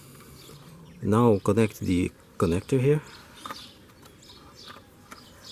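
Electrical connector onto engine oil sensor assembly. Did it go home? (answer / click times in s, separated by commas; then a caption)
no / none. During an oil service on a Volvo V50, an electrical connector is being fitted onto the oil level sensor and sump assembly while someone talks. After the talking, a few faint handling sounds follow, and the connector has not clicked or seated yet.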